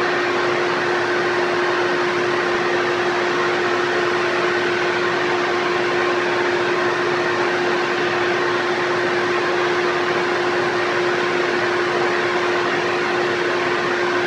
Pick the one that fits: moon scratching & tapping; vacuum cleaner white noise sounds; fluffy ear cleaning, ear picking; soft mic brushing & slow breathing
vacuum cleaner white noise sounds